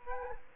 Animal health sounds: mosquito wingbeat signal from an infrared sensor; Culex quinquefasciatus

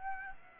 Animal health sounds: mosquito wingbeat signal from an infrared sensor; Aedes aegypti

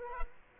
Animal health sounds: mosquito wingbeat signal from an infrared sensor; Culex quinquefasciatus

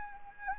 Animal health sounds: mosquito wingbeat signal from an infrared sensor; Anopheles gambiae

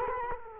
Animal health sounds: mosquito wingbeat signal from an infrared sensor; Culex quinquefasciatus

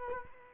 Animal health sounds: mosquito wingbeat signal from an infrared sensor; Culex quinquefasciatus

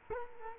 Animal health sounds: mosquito wingbeat signal from an infrared sensor; Culex quinquefasciatus

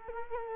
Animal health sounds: mosquito wingbeat signal from an infrared sensor; Culex quinquefasciatus

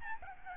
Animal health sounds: mosquito wingbeat signal from an infrared sensor; Aedes albopictus

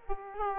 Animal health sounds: mosquito wingbeat signal from an infrared sensor; Aedes aegypti

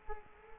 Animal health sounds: mosquito wingbeat signal from an infrared sensor; Culex quinquefasciatus

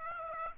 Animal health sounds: mosquito wingbeat signal from an infrared sensor; Aedes aegypti

